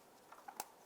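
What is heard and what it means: A plastic wire harness retaining tab is pressed by hand into its mounting hole on the radiator of a 2011-2017 Honda Odyssey, near the temperature sensor at the radiator's base. A few faint light taps come at about 0.3 and 0.5 seconds, then one sharp, bright click at 0.6 seconds as the tab seats in the mount.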